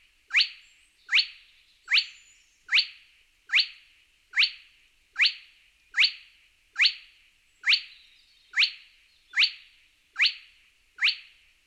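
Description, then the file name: Spotted crake uttering a long, even series of fourteen whiplash notes, each a brief rising whistle, spaced evenly about every 0.8 seconds. "Digiffects Sound Effects Library - Spotted Crake Bird"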